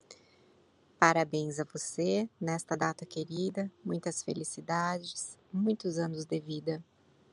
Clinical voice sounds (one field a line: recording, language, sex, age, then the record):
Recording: short text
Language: Brazilian Portuguese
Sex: female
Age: 40 to 49 years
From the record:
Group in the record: control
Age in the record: 48 years